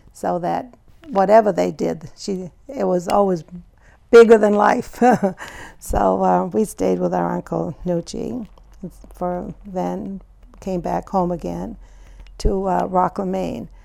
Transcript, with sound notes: So that whatever they did she, it was always bigger than life. (she laughs) So we stayed with our uncle Nucci for then, came back home again to Rockland, Maine.